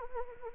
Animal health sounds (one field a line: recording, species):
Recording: mosquito wingbeat signal from an infrared sensor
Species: Anopheles arabiensis